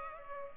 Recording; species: mosquito wingbeat signal from an infrared sensor; Culex pipiens